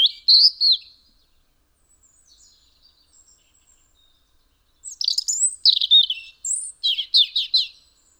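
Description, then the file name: European robin song, one brief high warble, a long hush with faint notes, then a rippling phrase of thin whistles and fast trilled notes. "Erithacus rubecula"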